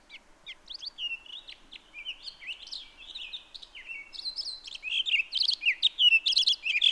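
Townsend's solitaire song, a hurried stream of whistled, slurred notes that grows louder and higher toward the end, over a faint low hum.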